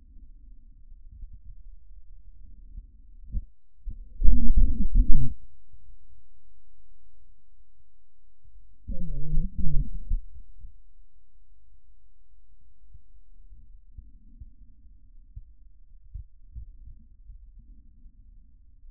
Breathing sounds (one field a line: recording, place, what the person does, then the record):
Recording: lung sounds by stethoscope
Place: trachea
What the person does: quiet breathing, then cough and speech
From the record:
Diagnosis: COPD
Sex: male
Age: 65 years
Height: 162 cm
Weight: 67.8 kg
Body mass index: 25.8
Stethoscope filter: bell mode